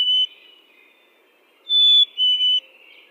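Chickadee whistle, a pure two-note phrase, high then slightly lower, preceded by a brief earlier whistle.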